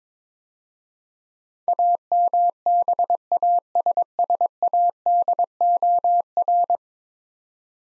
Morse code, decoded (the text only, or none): AMBASSADOR